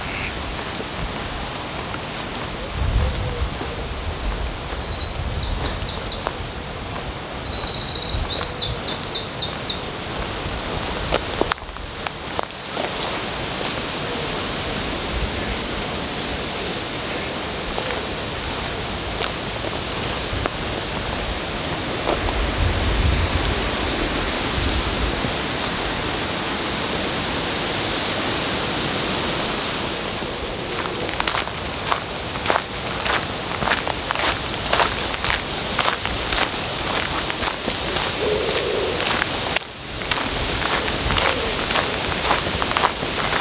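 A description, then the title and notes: Along the river in Odense, a steady hiss of flowing water fills the air, with faint clicks, brief chirps and occasional low rumbles. Sounds along the river in Odense, Denmark.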